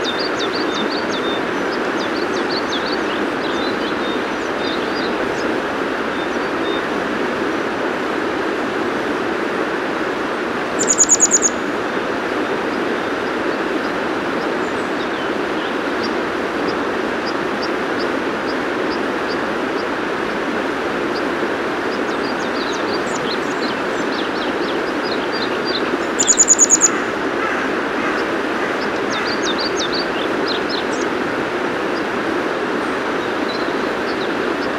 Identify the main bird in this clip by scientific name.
Motacilla cinerea